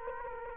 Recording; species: mosquito wingbeat signal from an infrared sensor; Culex quinquefasciatus